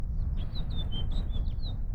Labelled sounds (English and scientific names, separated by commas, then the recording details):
House Finch (Haemorhous mexicanus) song
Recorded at North Valley Stream on Long Island, New York, on 17 June 1975
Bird E